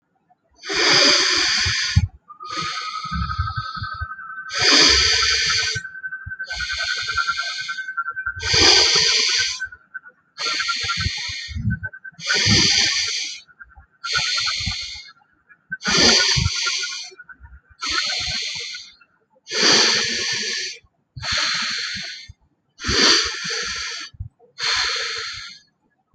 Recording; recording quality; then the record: deep breathing; excellent, no background noise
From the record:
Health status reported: respiratory illness, not identified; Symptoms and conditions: asthma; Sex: male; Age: 26 years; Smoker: not ticked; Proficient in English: yes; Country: India